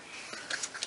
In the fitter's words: Snapped. Snap.